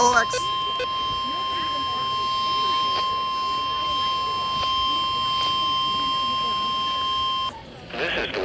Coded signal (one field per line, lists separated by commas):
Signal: Emergency Alert System (SAME) tones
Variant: 1050 Hz attention tone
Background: speech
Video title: NWS Los Angeles/Oxnard Weekly EAS Test (10/12/22) (EAS #504)